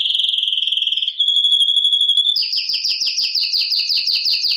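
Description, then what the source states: Domestic canary song: a sustained high trill, then a pure steady whistle-like tone, breaking into quick repeated chopped notes. Male bird.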